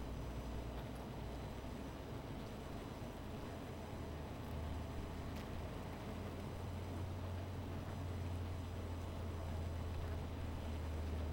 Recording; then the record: honeybee colony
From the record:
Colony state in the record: missing queen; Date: 14 July 2017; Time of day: 17:24